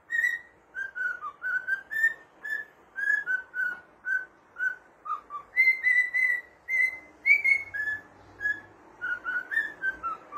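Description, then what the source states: Cockatiel whistles a steady, melodic tune of evenly spaced whistled notes rising and falling. Several cockatiels singing with whistles.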